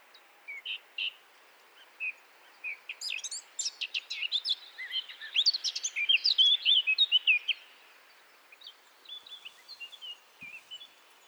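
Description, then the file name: Eurasian blackcap song: a few isolated chirps lead into a dense, loud warble of quick varied notes, fading to soft twitters at the end. "Sylvia atricapilla"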